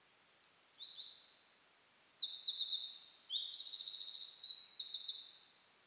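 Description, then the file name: Eurasian wren song: a loud, rapid outpouring of high trills and ringing notes lasting about five seconds, with a fast rattling trill in the middle. "Troglodytes troglodytes"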